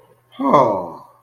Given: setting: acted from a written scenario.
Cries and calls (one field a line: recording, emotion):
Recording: vocal sound without words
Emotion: sympathy